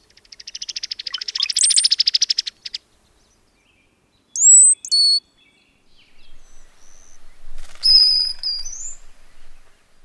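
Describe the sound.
Cowbird sounds: a fast dry chattering rattle, then two piercing high whistles, followed by a softer high slurred whistle over faint scratchy chatter.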